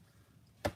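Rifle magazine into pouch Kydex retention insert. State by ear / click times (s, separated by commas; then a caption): seated / 0.7 s. A .308 rifle magazine is pushed into a pouch fitted with a plastic Kydex retention insert. After quiet low background noise, a single sharp snap sounds at 0.7 s as the magazine positively locks in place.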